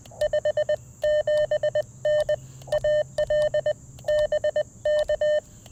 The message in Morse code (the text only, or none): 57N AL BK